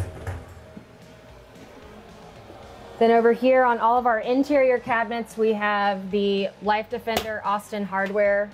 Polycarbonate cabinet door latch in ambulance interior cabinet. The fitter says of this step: recently upgraded them to match the rest of the interior and lock into place then